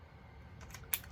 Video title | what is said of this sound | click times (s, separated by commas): WHAT'S IN THE BAG- Review of our Camera Bag and the Canon M50 | and you listen for the click and then your camera secure on your gorilla pod so | 0.9 s